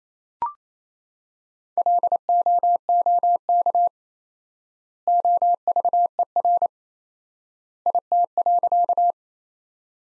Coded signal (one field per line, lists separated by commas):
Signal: Morse code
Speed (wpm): 28 wpm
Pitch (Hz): 700 Hz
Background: none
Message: LOOK OVER IT.